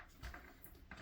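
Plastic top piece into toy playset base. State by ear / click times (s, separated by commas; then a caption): seated / 0.9 s. A plastic top section of a Masters of the Universe Origins Snake Mountain toy playset is pushed down and back onto the base. A few light plastic knocks and scrapes come before a sharp click at 0.9 s as the top piece locks into place. The piece is seated.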